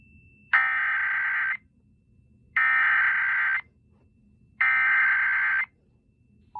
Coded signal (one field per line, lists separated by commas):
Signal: Emergency Alert System (SAME) tones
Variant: header bursts